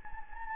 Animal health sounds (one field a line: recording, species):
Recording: mosquito wingbeat signal from an infrared sensor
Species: Anopheles gambiae